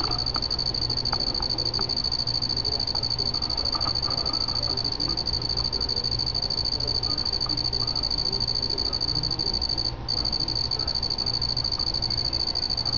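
Cricket trilling as a continuous high shrill tone held at one pitch throughout, with a brief break near ten seconds and a low hum beneath.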